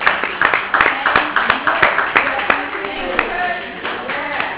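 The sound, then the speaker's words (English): An audience claps for several seconds, a steady patter of sharp, overlapping claps at a moderate level, with a few voices calling out underneath. “So just drink some beer, maybe listen to some music, but give yourselves a round of applause.”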